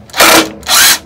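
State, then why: Stripped. A screw is driven into material with a cordless drill driver at a high, hard-to-control speed. Two bursts of harsh, broadband whirring grind are heard, from about 0.2 to 0.4 seconds and again from about 0.7 to 0.9 seconds, with quieter gaps between. The screw stops advancing at a certain depth and strips; nothing seats or clicks.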